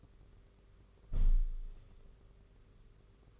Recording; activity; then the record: daily activity, microphone in the room; close window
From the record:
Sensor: 4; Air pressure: 991.2 hPa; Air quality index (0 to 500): 153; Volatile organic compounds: 105 ppm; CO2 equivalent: 3790 ppm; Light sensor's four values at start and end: 6/15/5/6 and 6/14/5/6